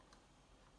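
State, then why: Seated. A plastic gimbal protector cover is pushed onto the camera gimbal of a folded DJI Mavic Mini drone, a cover that fits only one way and is expected to snap on with two clicks. A short, sharp click sounds at 0.1 s over a faint steady background. The cover is seated on the camera.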